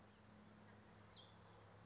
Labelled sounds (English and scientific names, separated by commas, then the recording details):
Cassin's Vireo (Vireo cassinii)
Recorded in Sonoma County, California